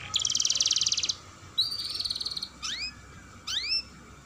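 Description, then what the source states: Atlantic canary giving a fast buzzy trill, a second rolled phrase, then two groups of sharp upward-sweeping notes. Canary singing vigorously (Indonesian 'gacor' style) with a long rolling trill, called 'dor roll panjang'.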